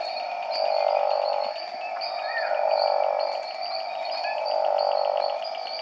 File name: Proceratophrys boiei